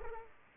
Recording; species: mosquito wingbeat signal from an infrared sensor; Aedes aegypti